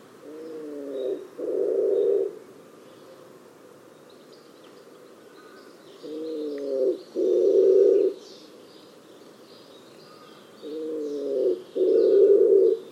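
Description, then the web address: Low bird calls repeated three times about every five seconds, each a short tonal phrase then a coarse buzzing note; faint high chirps behind. "cianscape. Deverinetal. Bird Only"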